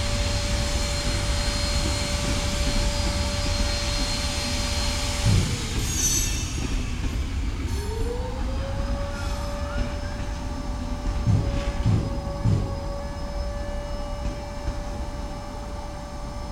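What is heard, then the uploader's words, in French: Renovation work on a footbridge: a machine's steady whine drops and winds back up, with heavy metallic knocks near five and twelve seconds. Travaux de rénovation de la passerelle sud. Septembre 2009, Massy.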